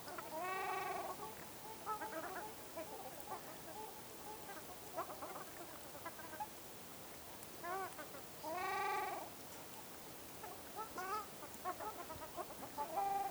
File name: Ruddy shelduck